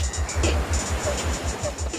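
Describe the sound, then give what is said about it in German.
Ocean waves churning with a steady low rumble and broad hissing wash, with soft repeated swells rising and falling across the whole stretch. “Das Meer.”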